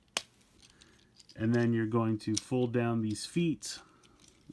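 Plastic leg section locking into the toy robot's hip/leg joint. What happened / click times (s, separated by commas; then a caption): A plastic toy leg joint snapped into place / 0.2 s. A plastic leg section of a Shinkalion DXS09 500 Kodama transforming train robot toy is pulled down where the blue part meets the gray part, with the legs split apart, and it locks into the hip/leg joint with a sharp plastic click at 0.2 s. A few faint handling ticks follow, then someone talks.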